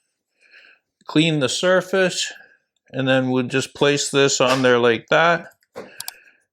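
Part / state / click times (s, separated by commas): carbon fiber cover onto a car side camera/turn signal housing / seated / 6.0 s, 6.1 s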